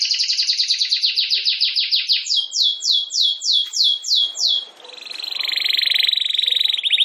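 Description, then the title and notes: Domestic canary song: a rapid trill, then slower downward-sweeping notes, followed by a fast buzzy trill. Belgian canary (Campainha) singing. "Canário Belga Campainha Canary Singing. Canario Belga Cantando"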